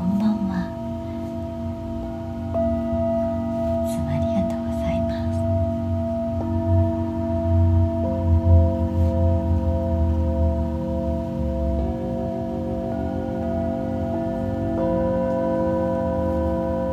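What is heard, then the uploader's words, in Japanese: Tibetan singing bowls ring in long, overlapping sustained tones, with new bowls struck around 2.5, 6.5, 8, 12 and 15 seconds, each shifting the blend of pitches. A deep low hum sits underneath, and faint brief knocks and touches appear early on. 夜のシンギングボウルのサウンドヒーリング。チベタンシンギングボウル。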